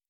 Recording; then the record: hydrophone in a shrimp aquaculture tank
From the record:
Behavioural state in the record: normal